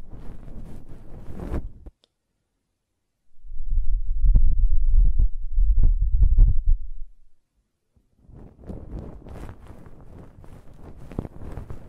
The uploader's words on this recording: ASMR Ear Cleaning and Blowing (No Talking).